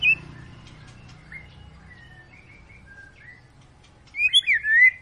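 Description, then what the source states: White-rumped shama: songbird singing soft whistled phrases, then a loud burst of sweeping, warbled whistles in the final second. Long lure recording of energetic shama song, played to prompt other birds to sing.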